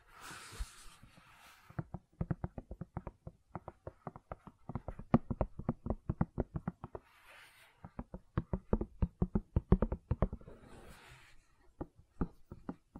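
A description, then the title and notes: Gentle silicone sounds: quick, soft taps and clicks come in dense, fairly regular runs through most of the clip, with a deep thud under each. A hissing rustle opens the clip and briefly returns near eight and eleven seconds, pausing the tapping. ASMR Gentle Silicon Sounds for Sleep (No Talking).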